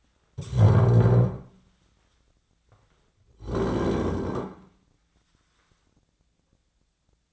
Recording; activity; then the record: daily activity, microphone in the room; stand up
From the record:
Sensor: 3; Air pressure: 1009.2 hPa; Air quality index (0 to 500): 186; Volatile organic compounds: 3 ppm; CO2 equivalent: 1500 ppm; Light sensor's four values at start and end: 46/118/52/52 and 33/86/38/39